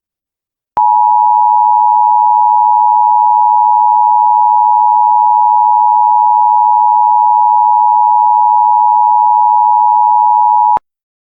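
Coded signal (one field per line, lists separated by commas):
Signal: Emergency Alert System (SAME) tones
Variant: 853 and 960 Hz attention tone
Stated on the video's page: Fictional Ghostbusters-themed EAS scenario, not a real alert.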